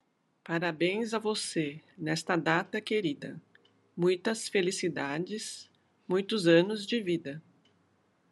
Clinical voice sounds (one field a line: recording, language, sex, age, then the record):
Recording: short text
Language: Brazilian Portuguese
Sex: female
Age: 50 to 59 years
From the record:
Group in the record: control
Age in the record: 57 years